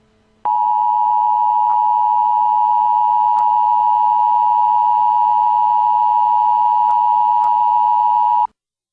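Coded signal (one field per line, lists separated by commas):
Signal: Emergency Alert System (SAME) tones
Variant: 853 and 960 Hz attention tone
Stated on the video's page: EAS Amber Alert child abduction emergency issued by New Jersey State Police.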